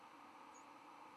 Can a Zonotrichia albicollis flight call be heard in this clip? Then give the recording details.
no. Another species' flight call is heard. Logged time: 05:18 on 11 November 2014